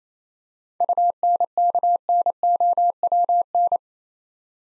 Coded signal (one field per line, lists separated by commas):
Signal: Morse code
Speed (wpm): 28 wpm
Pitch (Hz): 700 Hz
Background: none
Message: UNKNOWN